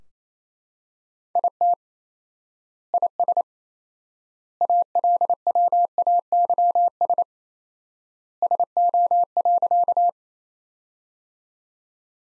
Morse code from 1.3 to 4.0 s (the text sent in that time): IT IS